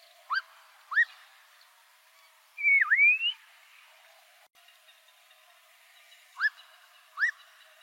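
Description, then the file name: Black-crowned monjita song: two short rising notes, a loud whistle that dips and rises, then two more rising notes after a pause. "Canto da noivinha coroada"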